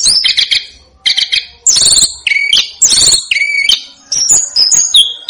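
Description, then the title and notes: Snowy-browed flycatcher song in short bursts of high, rich twittering, with brief whistled notes between. Masteran recording made for training cage birds; local Indonesian names tledekan gunung and sikatan gunung. "Masteran Tledekan Gunung Sikatan Gunung. BURUNG TLEDEKAN"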